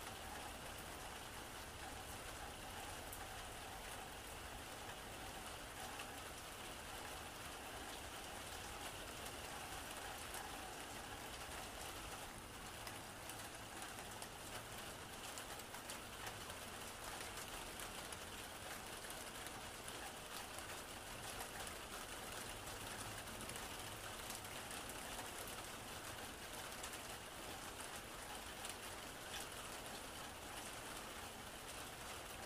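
Heavy rain pours down in a dense, unbroken hiss that fills the whole stretch without letup, bright. Beneath it runs a low, steady rumble like an engine idling, with faint fine crackles scattered through.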